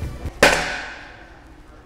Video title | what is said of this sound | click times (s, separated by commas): Custom Build Off! - Part: 3 (ft. Aaron Mora) │ The Vault Pro Scooters | All right, clicked right away. | 0.4 s